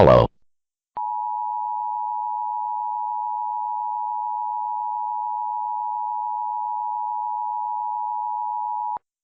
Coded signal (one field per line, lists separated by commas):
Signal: Emergency Alert System (SAME) tones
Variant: 853 and 960 Hz attention tone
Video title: Emergency Action Notification: Request an EAS Mock!